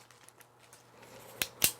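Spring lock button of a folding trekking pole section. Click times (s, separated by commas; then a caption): 1.4 s. Someone holds a pre-joined folding trekking pole short and pulls its sections apart so the spring push-button lock engages. After a few faint ticks, a sharp click comes at 1.4 s, followed by a louder snap at 1.6 s. The pole section is locked into place.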